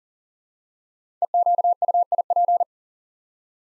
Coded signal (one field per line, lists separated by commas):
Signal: Morse code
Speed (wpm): 40 wpm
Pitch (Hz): 700 Hz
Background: none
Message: EQUIP